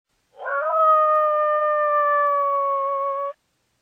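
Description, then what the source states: Coyote howl: a single long, steady, clear tone held for about two and a half seconds after a brief wavering start, with rich overtones and no other sounds. Call associated with mating.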